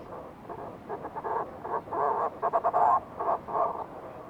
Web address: sound fulmar-prion. صدای-پرنده-پریان-بدبو